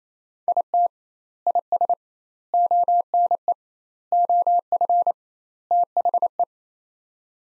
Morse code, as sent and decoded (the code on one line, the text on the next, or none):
.. - / .. ... / --- -. . / --- ..-. / - .... .
IT IS ONE OF THE